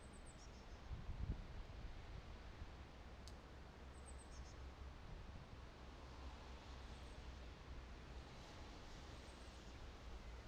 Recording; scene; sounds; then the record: everyday scene through a hearing-aid microphone; wind on the microphone; gentle breeze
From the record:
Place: parking lot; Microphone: in the ear canal, right